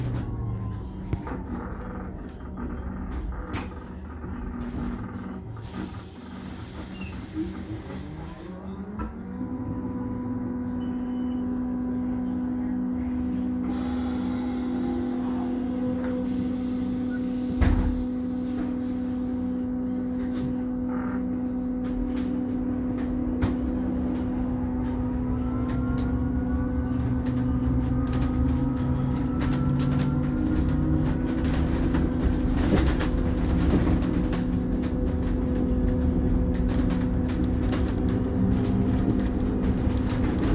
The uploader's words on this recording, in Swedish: Lyssna in Min Bussresa - Lunchtid klockan 11:29.